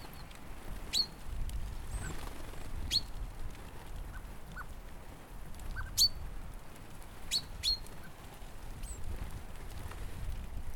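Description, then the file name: Common chaffinch giving short, sharp high call notes, single or in quick pairs, scattered every second or two over a steady low rumbling background. "Fringilla coelebs"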